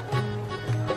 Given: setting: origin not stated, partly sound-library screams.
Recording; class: one-second piece from a danger detection set; normal situation